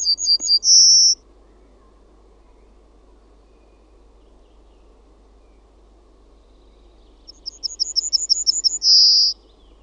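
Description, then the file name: Yellowhammer singing: the end of one phrase, then after a pause a full phrase of many rapid high notes finishing in a sustained wheezy note. "KELTASIRKKU"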